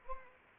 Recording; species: mosquito wingbeat signal from an infrared sensor; Anopheles arabiensis